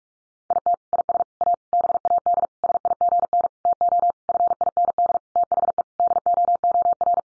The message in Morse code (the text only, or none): IT IS A BAD SIGN TO FIND THE DOOR